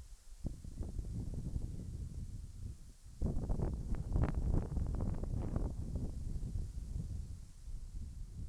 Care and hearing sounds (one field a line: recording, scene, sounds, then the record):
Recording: everyday scene through a hearing-aid microphone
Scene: wind on the microphone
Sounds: squally wind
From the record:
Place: in front of a rural house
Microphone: behind the ear, left, rear